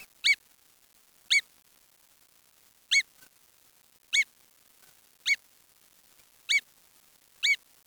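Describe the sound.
Bird calling with brief, nasal, honking notes, rich in overtones, given at slightly uneven intervals of about one to one and a half seconds; otherwise quiet.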